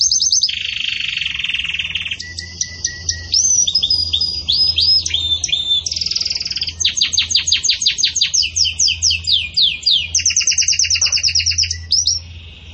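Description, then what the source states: Belgian canary in varied continuous song: buzzy rolls, rapid clicking trills and high whistled notes change every second or two across the whole stretch. Belgian canary; pure "campainha" song with pauses, for training.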